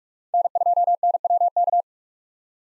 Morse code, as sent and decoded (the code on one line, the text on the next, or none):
-. ..--- -. .-- -.-
N2NWK